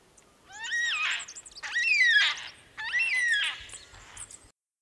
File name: yellow tailed black cockatoo